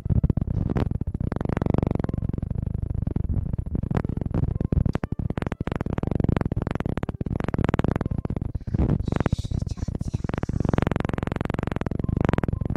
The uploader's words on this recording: ASMR Ear cleaning & Ear massage.